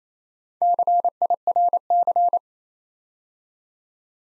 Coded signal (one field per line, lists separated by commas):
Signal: Morse code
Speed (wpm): 28 wpm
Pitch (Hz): 700 Hz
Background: none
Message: CIRC